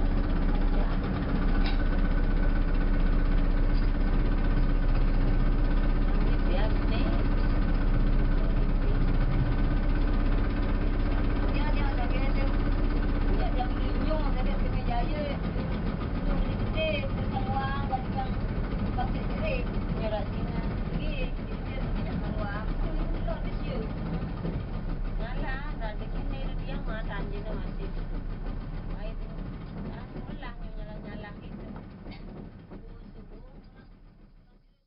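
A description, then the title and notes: A small island boat's engine drones low and steady while people talk, the motor slowly fading away over the final seconds. Indonesia - island boat taxi. The small early morning (pre dawn) boat bringing locals and goods from the island of Nusa Lembongan to Nusa Penida, just southeast of the island of Bali, Indonesia.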